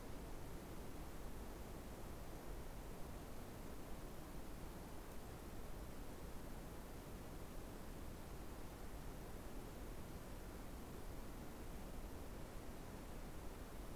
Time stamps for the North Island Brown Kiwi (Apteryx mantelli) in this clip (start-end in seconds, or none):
none